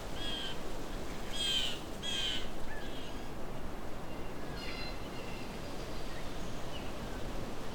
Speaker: So I'm at Alvar Bay, but the entrance is full of blue jays making lots of interesting sounds.